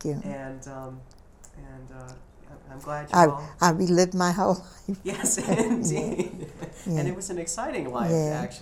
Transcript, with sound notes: And I'm glad...
I relived my whole life.
Yes, indeed. ( they laugh ) And it was an exciting life, actually.